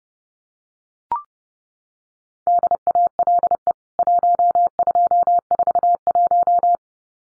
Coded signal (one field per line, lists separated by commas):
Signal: Morse code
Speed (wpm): 30 wpm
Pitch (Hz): 700 Hz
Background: none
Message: DALE 1241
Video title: CWT Exchange 30wpm